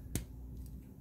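A plastic part of a transforming robot toy that becomes a handheld gun is slid into the toy's body during transformation until it locks. It seats with one sharp, bright click at 0.2 s, followed by a much fainter tick near 0.7 s over a low background hum.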